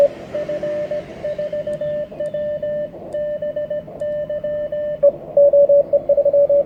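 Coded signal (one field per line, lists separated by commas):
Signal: Morse code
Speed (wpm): 17 wpm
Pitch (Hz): 1800 Hz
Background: radio noise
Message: F4WBY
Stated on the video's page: Elecraft K1 on 30m with a Chameleon Hybrid-Micro and whip (MPAS system) clamped to a terrace rail.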